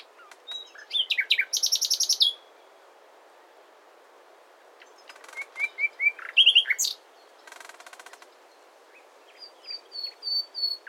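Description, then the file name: Common nightingale song: separate phrases of rapid repeated notes, whistles and buzzy trills with pauses between them. "Luscinia megarhynchos"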